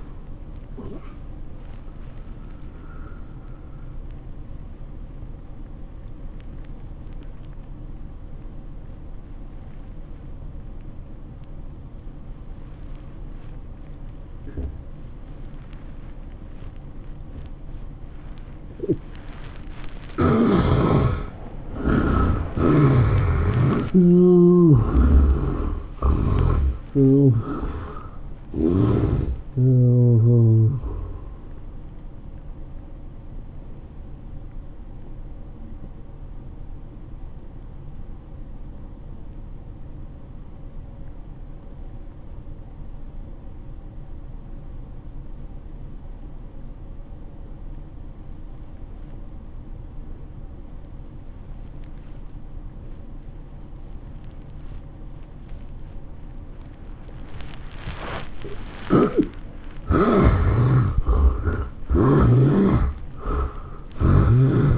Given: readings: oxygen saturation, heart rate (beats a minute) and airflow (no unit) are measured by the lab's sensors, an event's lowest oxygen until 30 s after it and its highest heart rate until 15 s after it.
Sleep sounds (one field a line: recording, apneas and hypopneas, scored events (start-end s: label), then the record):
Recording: breathing in sleep by a smartphone at the bedside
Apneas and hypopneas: 2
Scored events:
4.00-21.60 s: obstructive apnea (N1, oxygen 96% highest, then 73% lowest, heart rate 105 at the start, 110 highest)
33.00-58.50 s: obstructive apnea (N1, oxygen 93% highest, then 72% lowest, heart rate 99 at the start, 110 highest)
From the record:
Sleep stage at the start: N1 (lightest sleep)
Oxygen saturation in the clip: 73 to 96%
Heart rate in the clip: 79 to 110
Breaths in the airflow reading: 7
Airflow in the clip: -17.6 to 13.1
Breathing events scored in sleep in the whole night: 403 in 5.5 hours asleep